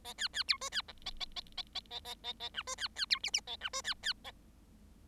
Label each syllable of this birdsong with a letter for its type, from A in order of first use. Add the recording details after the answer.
A B B C D B E A A A A A A A A A F D B B C G G A F D B B A. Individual Bird7